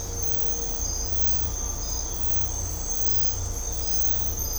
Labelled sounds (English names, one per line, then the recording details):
none
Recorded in dense forest near Puerto Asís, Putumayo, Colombia, on 16 December 2024 at 05:30
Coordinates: 0.503, -76.323
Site G043